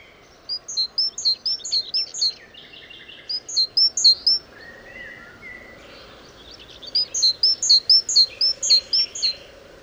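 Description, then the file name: Great tit calling in several bursts of quick, high, clipped notes, with lower softer twittering between them. "Parus major"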